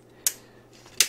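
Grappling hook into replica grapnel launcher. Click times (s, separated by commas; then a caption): 0.3 s, 1.0 s. A retracted plastic grappling hook is pushed into the front of a NECA 1989 Batman grapnel prop replica, a toy grapnel launcher, until it clicks in place. Two sharp, bright clicks sound at 0.3 s and 1.0 s over a quiet, faint low hum. The hook is seated in the launcher.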